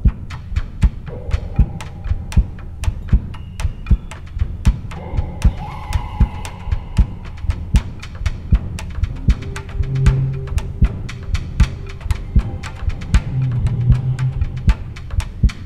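Sharp, regular clicking beats sit over a low throbbing hum, each beat crisp and staccato. This is an abnormally loud, strong heartbeat after aortic replacement surgery, forceful enough to be picked up from outside the chest. Each beat is felt like a rubber mallet banging on the inside of the sternum, while blood pressure is normal.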